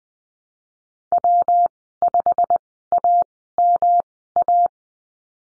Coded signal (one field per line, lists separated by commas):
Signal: Morse code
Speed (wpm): 20 wpm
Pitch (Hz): 700 Hz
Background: none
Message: W5AMA